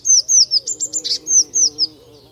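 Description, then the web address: Eurasian blue tit in a quick run of high descending notes with a brief harsh buzz midway, over a low humming tone. "Deverinetal 2025 File origin Bird Only Cy Ca"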